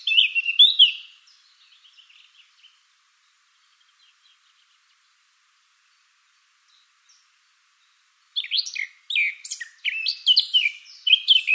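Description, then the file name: Eurasian blackcap song: a short warbled burst that fades into faint twittering, a long quiet gap, then another energetic run of scratchy and fluty notes. "Sylvia atricapilla"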